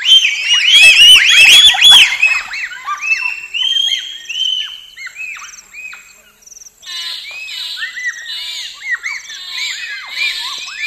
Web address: bonobo